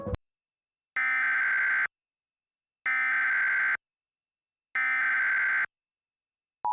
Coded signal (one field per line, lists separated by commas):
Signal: Emergency Alert System (SAME) tones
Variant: header bursts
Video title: EAS Mock #2 "Fazbear's Escape"